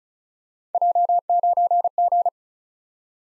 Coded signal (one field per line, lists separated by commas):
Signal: Morse code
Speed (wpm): 36 wpm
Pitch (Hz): 700 Hz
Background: none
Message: J9G